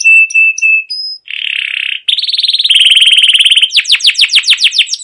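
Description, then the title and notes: Canary song starting with short high piping notes, then buzzy low trills and a rapid rattle ending in a series of fast downward-sweeping notes. Long continuous canary chirping used as a lure to stimulate young canaries to sing and learn song. "CUIT CUIT NGEROL LANGSUNG GACOR PANJANG Kenari Ini Utk Pancingan KENARI PAUD BELAJAR BUNYI. burung kenari"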